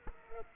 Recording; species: mosquito wingbeat signal from an infrared sensor; Culex quinquefasciatus